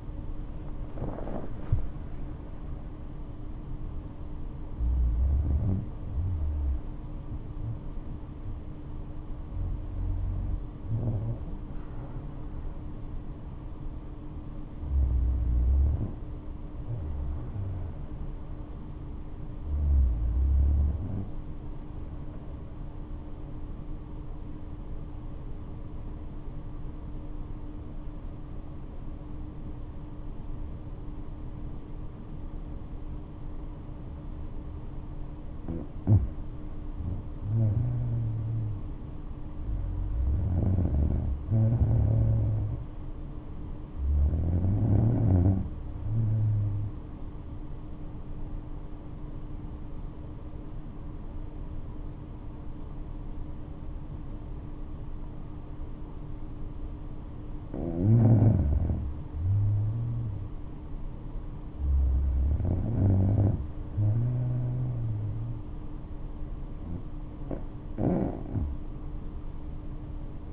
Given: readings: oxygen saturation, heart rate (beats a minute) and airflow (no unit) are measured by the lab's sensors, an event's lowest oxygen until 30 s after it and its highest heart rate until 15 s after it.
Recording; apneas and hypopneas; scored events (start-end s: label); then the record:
breathing in sleep by a smartphone at the bedside; 2
25.00-39.00 s: hypopnea (REM, oxygen 98% highest, then 94% lowest, heart rate 69 at the start, 70 highest)
50.00-61.80 s: hypopnea (REM, oxygen 96% highest, then 93% lowest, heart rate 64 at the start, 67 highest)
From the record:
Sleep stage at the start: REM sleep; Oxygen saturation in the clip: 90 to 98%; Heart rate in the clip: 63 to 77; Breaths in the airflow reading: 11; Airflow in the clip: -11.0 to 11.8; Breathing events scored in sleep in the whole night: 228 in 5.4 hours asleep